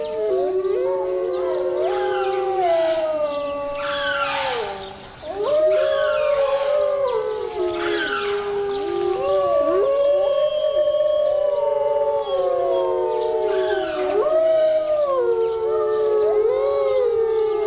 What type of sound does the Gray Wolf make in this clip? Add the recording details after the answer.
howling. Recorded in captivity. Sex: group. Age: adult. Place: Zoo Berlin, Berlin, DE. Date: 1986-02-07. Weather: sunny, -10°C. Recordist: Tembrock, Günter